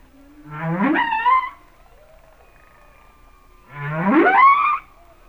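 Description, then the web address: Humpback whale song: two loud upswept moans rising into quavering high tones, with a faint steady tone between. "Whale Songs Sounds of Nature - Humpback Whales"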